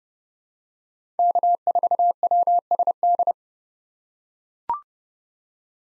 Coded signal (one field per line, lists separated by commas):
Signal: Morse code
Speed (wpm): 30 wpm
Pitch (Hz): 700 Hz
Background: none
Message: K4WSD